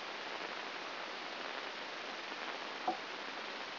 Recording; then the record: brain microelectrode recording played as sound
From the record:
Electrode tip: inside the subthalamic nucleus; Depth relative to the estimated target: -2 mm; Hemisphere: left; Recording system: AlphaMap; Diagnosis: Parkinson's disease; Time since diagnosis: 9 years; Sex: male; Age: 68 years